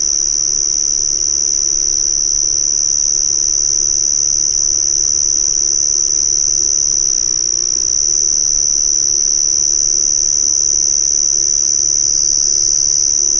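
Insect sound: a steady, high whine sustained without pause.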